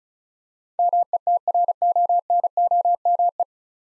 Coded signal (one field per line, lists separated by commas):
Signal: Morse code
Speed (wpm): 36 wpm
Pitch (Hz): 700 Hz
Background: none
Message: METRONOME